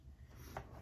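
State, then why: Seated. A new pop-up game room board is attached to the existing room board beside it. After a low, steady background, a single short snap sounds at 0.6 s as it magnetically snaps into place, seated.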